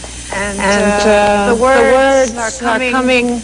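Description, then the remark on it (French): A sustained, wordless voice holds steady pitched tones, and delayed copies of it from an echo device pile up and overlap so the sound keeps returning on top of itself for several seconds. “Yes, I can hear my echo.”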